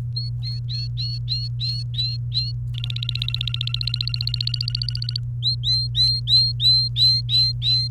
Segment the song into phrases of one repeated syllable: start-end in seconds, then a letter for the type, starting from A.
0.16-2.52 A, 2.74-5.19 B, 5.42-7.88 A